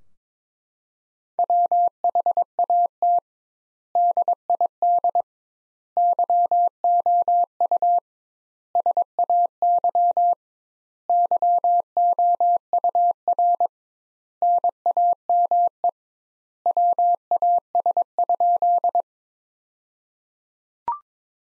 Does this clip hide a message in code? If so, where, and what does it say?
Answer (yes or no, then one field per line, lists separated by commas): yes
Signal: Morse code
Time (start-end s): 1.4-19.0 s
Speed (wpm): 22 wpm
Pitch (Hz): 700 Hz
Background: none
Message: WHAT DID YOU SAY YOUR NAME WAS?